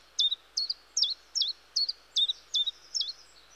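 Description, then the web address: Common chiffchaff song with eight sharp, high notes, each dipping in pitch, repeated evenly about two and a half times a second. "The BBC Sound Effects Library. Chiffchaff"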